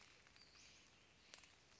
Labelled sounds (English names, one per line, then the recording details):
Western Flycatcher
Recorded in Sonoma County, California